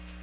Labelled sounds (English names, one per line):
American Redstart flight call